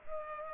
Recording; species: mosquito wingbeat signal from an infrared sensor; Culex pipiens